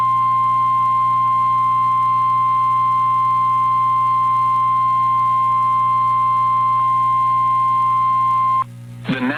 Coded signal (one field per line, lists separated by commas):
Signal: Emergency Alert System (SAME) tones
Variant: 1050 Hz attention tone